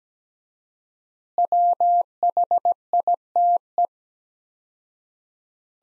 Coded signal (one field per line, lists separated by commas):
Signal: Morse code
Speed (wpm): 17 wpm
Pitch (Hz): 700 Hz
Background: none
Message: WHITE